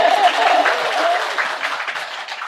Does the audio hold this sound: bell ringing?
no